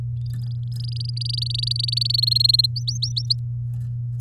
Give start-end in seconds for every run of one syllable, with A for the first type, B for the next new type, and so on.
0.25-2.20 A, 2.22-2.66 B, 2.76-3.36 C